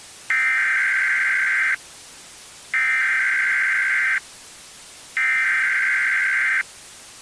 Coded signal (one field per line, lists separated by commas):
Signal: Emergency Alert System (SAME) tones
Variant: header bursts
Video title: [REUPLOAD] EAS Scenario - Deadly Soda